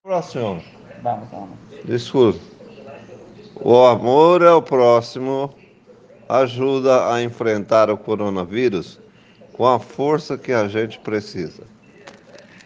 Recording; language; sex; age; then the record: spoken sentence; Brazilian Portuguese; male; 50 to 59 years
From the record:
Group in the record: respiratory insufficiency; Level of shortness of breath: 5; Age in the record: 56 years